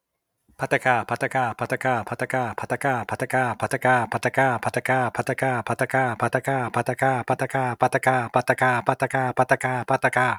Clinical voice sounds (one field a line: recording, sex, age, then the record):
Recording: repeated syllables /pa ta ka/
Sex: male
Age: 50 to 59 years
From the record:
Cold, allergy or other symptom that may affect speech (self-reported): no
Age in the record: 50 years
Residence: Michigan, United States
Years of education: 16